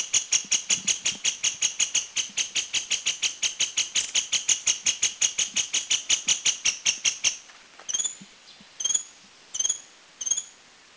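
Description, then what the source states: Dark-backed sibia calling: a rapid run of many sharp, ringing notes for about seven seconds, followed by a few spaced single notes. Calls recorded at Doi Lang, northern Thailand.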